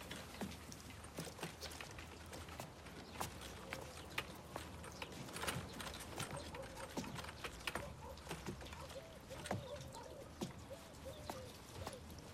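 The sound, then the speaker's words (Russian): A rowboat moves quickly through water, pulling away from pursuers: irregular wooden knocks and clicks of oars, with soft splashing and a steady low wash underneath, no voices. “Лодка быстро удаляется от преследователей.”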